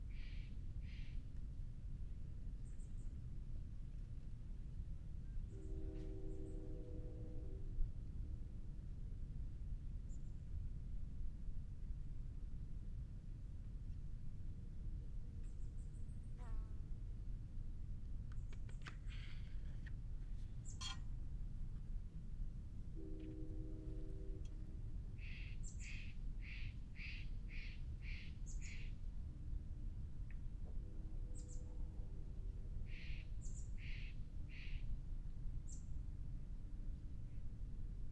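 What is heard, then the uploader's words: Birds call over a steady low rumble that runs the whole time in Tilden Regional Park. Low, hooting notes come around 6, 24 and 32 seconds, and quick bright chirp series ring out from about 25 to 35 seconds, with scattered short tweets between. Tilden Regional Park - Orinda, CA. Zoom H6. Magnetic Microphone Mounts.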